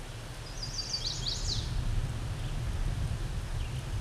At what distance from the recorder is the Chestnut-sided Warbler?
about 20 m